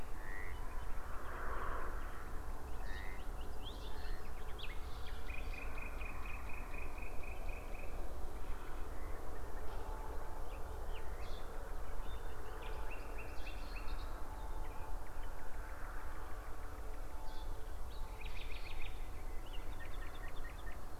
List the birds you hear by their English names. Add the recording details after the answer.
Common Nightingale, Cetti's Warbler. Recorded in France